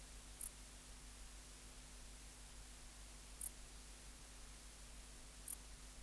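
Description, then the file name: Dark bush-cricket chirps, three short high ticks, with a low steady hum behind. "Pholiodoptera grisecaptera"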